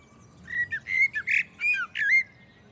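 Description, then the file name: Common blackbird giving a short run of fluty, whistled notes around a mid pitch, some sliding up then down, with a brief harsher squawk in the middle; quiet background. "Turdus merula"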